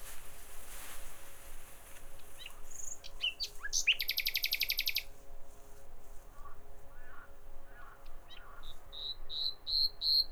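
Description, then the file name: Common nightingale song: a buzzy fast trill, low gurgling notes, and a closing series of short repeated chirps, all over a faint hiss. "Nachtigall"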